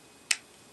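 A coin battery that popped out with the back cover is pushed back into its holder in a plastic Oculus Rift VR remote. A single sharp, bright click is heard at 0.3 s against quiet background. The battery snaps back into place and is seated.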